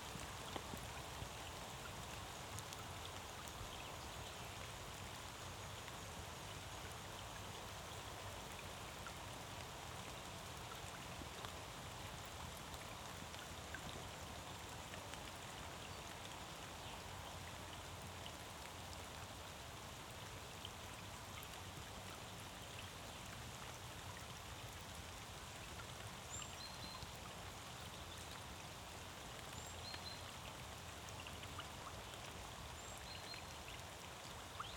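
Light rain falls steadily into a pond, a dense, even patter of fine drops with soft low rumble underneath, unchanging throughout.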